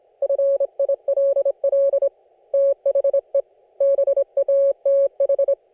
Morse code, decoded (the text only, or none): FILL THE BATH